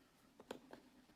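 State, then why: Seated. A replacement GS350 F Sport shift knob is pressed down onto the gear shift lever of a Lexus IS500 until its plastic retainer snaps into place. A sharp click sounds at 0.5 s, with fainter ticks just before and after, and the knob is seated.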